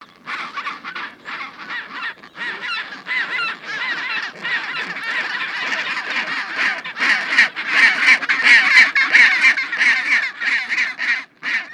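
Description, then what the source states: Penguin colony din: many birds braying and trumpeting together, rough repeated calls growing louder in the second half, with brief pauses between bursts. Recorded in Antarctica.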